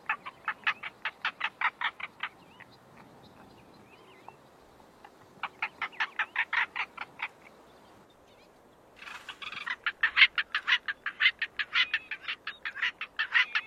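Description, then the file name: Bustard calling in rapid runs of harsh, scratchy pulses, broken by quiet gaps, ending in a denser burst of rasping notes. "Canto da abetarda de asa preta"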